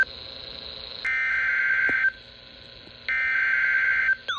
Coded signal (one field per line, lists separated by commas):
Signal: Emergency Alert System (SAME) tones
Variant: header bursts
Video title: EAS Alerts From 7/6/26: A Compilation (EAS 1256-1269)